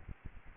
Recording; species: mosquito wingbeat signal from an infrared sensor; Aedes aegypti